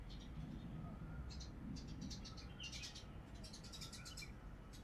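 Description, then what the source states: Birds chirping in short, high-pitched bursts of quick notes, several clusters scattered throughout over a steady low background rumble. Recorded in spring.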